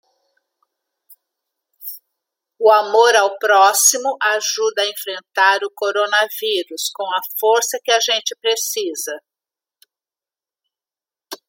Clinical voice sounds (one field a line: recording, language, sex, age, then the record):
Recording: spoken sentence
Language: Brazilian Portuguese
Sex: female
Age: 60 to 69 years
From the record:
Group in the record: control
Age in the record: 61 years